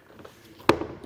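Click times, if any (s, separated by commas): 0.7 s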